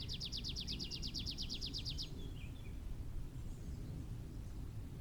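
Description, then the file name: Tree pipit song: a fast, even trill of bright repeated notes for about two seconds, then a few softer notes, over a steady low rumble. "Prispolone"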